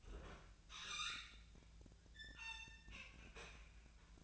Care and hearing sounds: daily activity, microphone in the room; open fridge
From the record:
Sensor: 2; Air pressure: 1009.6 hPa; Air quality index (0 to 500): 184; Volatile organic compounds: 11 ppm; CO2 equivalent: 2298 ppm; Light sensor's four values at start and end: 22/55/24/26 and 23/55/24/26

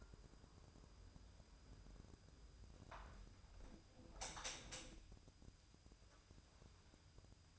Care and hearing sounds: daily activity, microphone in the room; close window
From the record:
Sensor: 2

